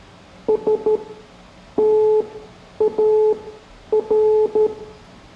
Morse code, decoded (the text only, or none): STAR